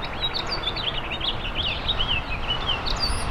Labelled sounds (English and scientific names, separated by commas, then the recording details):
House Finch (Haemorhous mexicanus) song
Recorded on Long Island, New York, on 20 April 2012
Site GC
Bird B